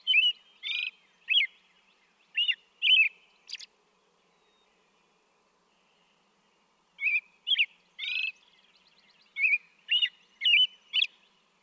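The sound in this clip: American robin singing: clear rising and falling whistled syllables in quick runs, a three-second silent gap, then another run of carols.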